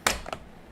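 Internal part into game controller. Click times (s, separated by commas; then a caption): 0.1 s. An internal part is pressed into a PS4 or PS5 game controller and snaps right in with a sharp click at 0.1 s, followed by two softer clicks around 0.3 s. The part is seated and the controller is good to go.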